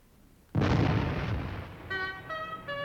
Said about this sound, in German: Lasst den Kanonendonner ihn erwecken.